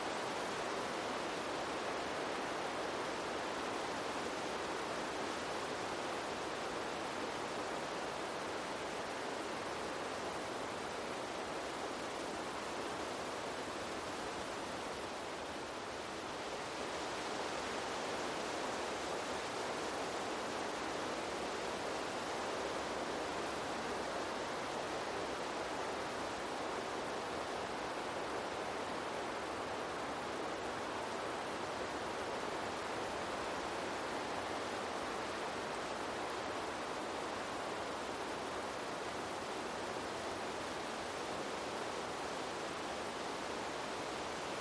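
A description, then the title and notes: Wind moves through forest trees, making a dense, steady rush of rustling leaves that fills the mid and upper range with little low rumble. The sound stays even throughout, easing briefly around sixteen seconds before building back to the same constant hiss. Relaxing Wind In Trees, Rustling Leaves & Nature Sounds In A Majestic Forest. The sound of rustling leaves provides a white noise effect.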